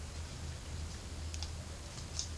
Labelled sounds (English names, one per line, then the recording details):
none
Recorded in pastures near Puerto Asís, Putumayo, Colombia, on 30 June 2025 at 11:00
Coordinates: 0.497, -76.327
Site G040